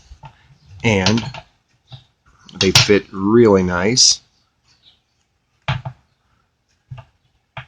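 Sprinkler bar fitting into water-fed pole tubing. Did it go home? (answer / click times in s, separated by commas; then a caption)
yes / 5.7 s, 7.6 s. A plastic oscillating-sprinkler bar fitting is worked into tight tubing for a water-fed pole while someone talks. Sharp clicks at 5.7 s and 7.6 s mark the fitting seating, showing it is a tight fit.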